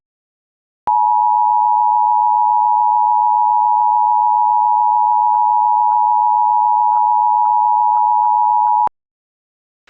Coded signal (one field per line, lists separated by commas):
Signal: Emergency Alert System (SAME) tones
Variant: 853 and 960 Hz attention tone